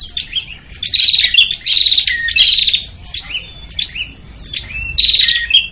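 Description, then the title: Prinia calls, busy high chirps and trilled notes in quick bursts, with brief upslurred whistles between phrases and short quieter gaps. Noisy prinia calls used as a lure to attract prinias, including red-headed and visiting ('guest') prinias. "Suara Prenjak Ribut. Pikat Burung Prenjak Kepala Merah Prenjak Tamu"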